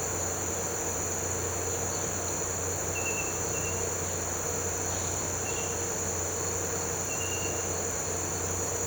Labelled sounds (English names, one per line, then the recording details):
none
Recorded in pastures near Puerto Asís, Putumayo, Colombia, on 9 March 2025 at 08:00
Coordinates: 0.466, -76.322
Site CSA-02